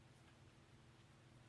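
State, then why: Not seated. A replacement WiFi card for a Yoga Pro 2 laptop is handled and lined up with its pins over the laptop's M.2 slot and connector. Only steady low hum and faint noise are heard, with no sharp sounds. Nothing has seated or clicked yet.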